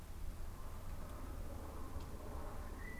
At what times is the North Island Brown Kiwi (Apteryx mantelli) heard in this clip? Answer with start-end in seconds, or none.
none